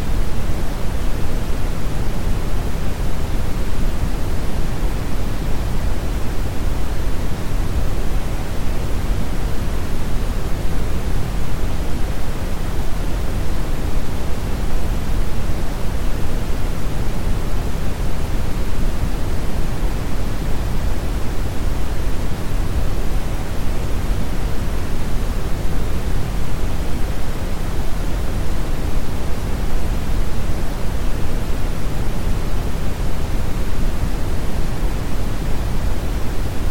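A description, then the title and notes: Brown noise runs without a break for the whole stretch, a deep, dense rumble weighted heavily toward the low end with only a soft hiss above. The level holds perfectly even, with no events, changes or other sounds. Brown Noise.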